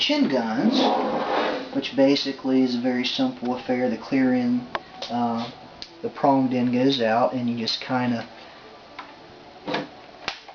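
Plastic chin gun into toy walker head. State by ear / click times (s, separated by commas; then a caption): seated / 10.3 s. Someone talks while small plastic chin-gun pieces are pushed into the head of a plastic Hasbro toy walker. After the talking stops, a faint tap sounds at 9.0 seconds, then a sharp little click at 10.3 seconds as a chin gun snaps into place.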